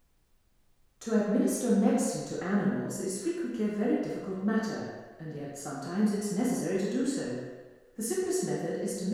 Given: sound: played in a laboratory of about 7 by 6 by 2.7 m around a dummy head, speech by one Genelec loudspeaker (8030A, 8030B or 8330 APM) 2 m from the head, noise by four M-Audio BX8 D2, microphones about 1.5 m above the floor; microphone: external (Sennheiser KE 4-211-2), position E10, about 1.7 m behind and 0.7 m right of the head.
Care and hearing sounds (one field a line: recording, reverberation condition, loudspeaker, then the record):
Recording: female speech in English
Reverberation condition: high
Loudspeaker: 150 degrees to the left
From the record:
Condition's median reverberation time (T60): about 1300 ms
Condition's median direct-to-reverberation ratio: about -4.0 dB